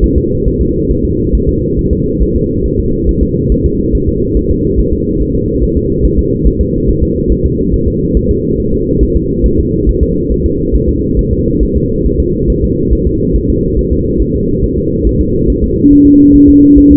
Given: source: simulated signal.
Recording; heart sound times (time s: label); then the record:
fetal heart sounds
0.04 s: S1
0.18 s: S2
0.48 s: S1
0.61 s: S2
0.91 s: S1
1.05 s: S2
1.35 s: S1
1.49 s: S2
1.79 s: S1
1.93 s: S2
2.23 s: S1
2.36 s: S2
2.66 s: S1
2.80 s: S2
3.09 s: S1
3.23 s: S2
3.52 s: S1
3.66 s: S2
3.95 s: S1
4.09 s: S2
4.37 s: S1
4.51 s: S2
4.80 s: S1
4.93 s: S2
5.22 s: S1
5.35 s: S2
5.64 s: S1
5.77 s: S2
6.05 s: S1
6.19 s: S2
6.47 s: S1
6.61 s: S2
6.90 s: S1
7.03 s: S2
7.32 s: S1
7.46 s: S2
7.74 s: S1
7.88 s: S2
8.17 s: S1
8.31 s: S2
8.60 s: S1
8.74 s: S2
9.03 s: S1
9.17 s: S2
9.46 s: S1
9.59 s: S2
9.89 s: S1
10.03 s: S2
10.32 s: S1
10.46 s: S2
10.76 s: S1
10.89 s: S2
11.19 s: S1
11.33 s: S2
11.63 s: S1
11.77 s: S2
12.06 s: S1
12.20 s: S2
12.50 s: S1
12.64 s: S2
12.93 s: S1
13.07 s: S2
13.36 s: S1
13.50 s: S2
13.79 s: S1
13.93 s: S2
14.22 s: S1
14.36 s: S2
14.64 s: S1
14.78 s: S2
15.07 s: S1
15.21 s: S2
15.50 s: S1
15.64 s: S2
15.93 s: S1
16.07 s: S2
16.36 s: S1
16.50 s: S2
16.78 s: S1
16.92 s: S2
From the record:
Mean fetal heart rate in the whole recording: 140 bpm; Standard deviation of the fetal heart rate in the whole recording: 2 bpm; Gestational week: 34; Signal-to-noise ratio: -14.7 dB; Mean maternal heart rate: 72 bpm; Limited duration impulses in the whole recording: present